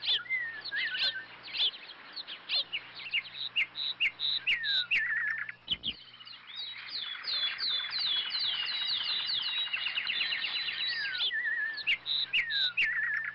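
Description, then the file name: Birds chirping, sharp high chirps and sweeping whistled notes, building to a dense chatter in the middle, with a steady low hum underneath. Recorded outside. "garns birds outside"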